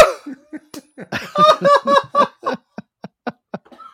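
A rapid run of about a dozen short, voiced bursts from an adult man, at first loud and laugh-like, then thinning into brief sharp coughs about four a second. It is choking-type coughing after he laughed so hard he choked on something.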